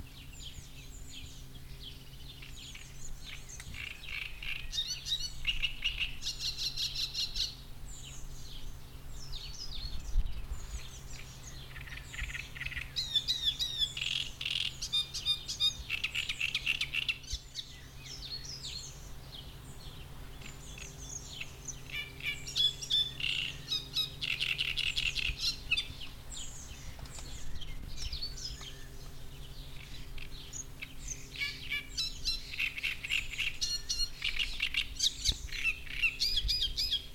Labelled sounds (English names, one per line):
Great Reed Warbler